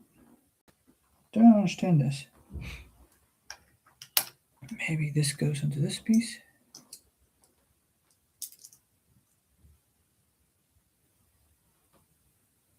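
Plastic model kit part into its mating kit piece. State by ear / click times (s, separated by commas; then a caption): not seated / none. Someone talks while handling a plastic Gundam model kit part, lining it up against its mating kit piece. Short, sharp plastic ticks and taps come through between the speech, along with faint handling noises afterward. The part has not snapped into place yet, so nothing has seated.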